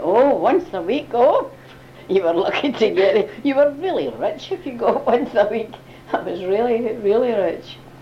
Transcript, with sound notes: Oh! Once a week! Oh! You were lucky to get. [laughs] You were really rich if you got once a week. That was really, really rich.